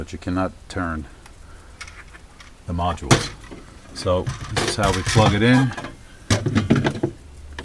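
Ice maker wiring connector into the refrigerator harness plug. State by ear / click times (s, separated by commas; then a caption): seated / 7.6 s. An ice maker's electrical connector on a Sub-Zero model 695 refrigerator is pushed into the refrigerator's harness plug while someone talks. A small, sharp click is heard at 7.6 s as the connector latches and seats.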